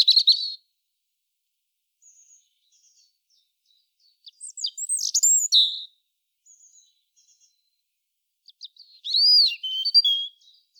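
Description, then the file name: European robin singing short, varied phrases of sharp high whistles, slurred notes and twittering, separated by pauses of a few seconds, with faint soft notes between. "Erithacus rubecula"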